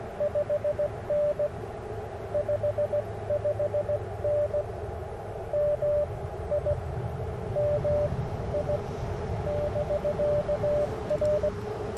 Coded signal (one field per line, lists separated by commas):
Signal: Morse code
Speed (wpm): 20 wpm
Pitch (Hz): 590 Hz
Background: radio noise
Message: 5N 55N MI MI <BK> R